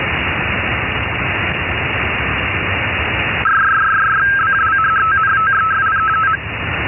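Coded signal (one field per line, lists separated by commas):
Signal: RTTY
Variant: 51 baud, 270 Hz shift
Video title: Boya RTTY para redes pesqueras en 10 metros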